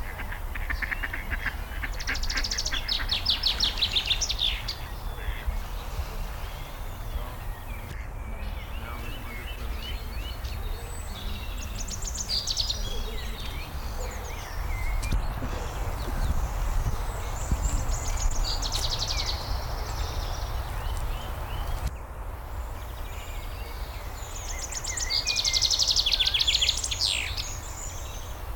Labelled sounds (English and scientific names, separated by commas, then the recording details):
Eurasian Wren (Troglodytes troglodytes)
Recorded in the wild
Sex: male
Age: adult
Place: Rheinsberg, Brandenburg, DE
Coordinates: 53.1, 12.9
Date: 1995-04-14 19:23
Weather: heiter, 10°C
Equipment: Marantz CP 430, Sennheiser ME 80, Kopie Uher 4000 Report Monitor
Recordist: Tembrock, Günter